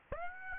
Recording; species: mosquito wingbeat signal from an infrared sensor; Aedes aegypti